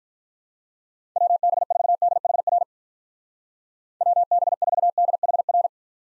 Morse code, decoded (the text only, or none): WB4DHR WB4DHR